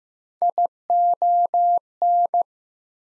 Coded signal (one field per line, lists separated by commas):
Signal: Morse code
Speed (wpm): 15 wpm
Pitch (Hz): 700 Hz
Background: none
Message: ION